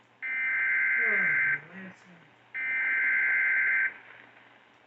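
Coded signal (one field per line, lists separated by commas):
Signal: Emergency Alert System (SAME) tones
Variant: header bursts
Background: speech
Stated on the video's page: Weather alerts.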